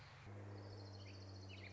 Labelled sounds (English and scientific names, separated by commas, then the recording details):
Orange-crowned Warbler (Leiothlypis celata)
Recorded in Sonoma County, California